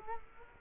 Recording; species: mosquito wingbeat signal from an infrared sensor; Culex quinquefasciatus